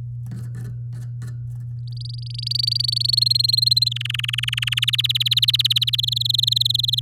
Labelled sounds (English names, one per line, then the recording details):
Domestic Canary song
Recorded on 6 May 2018 at 10:27
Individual llb16